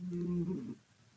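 A sleeping female dog, Beans, snoring: a low, rumbling snore with a steady pitch that fades at the end.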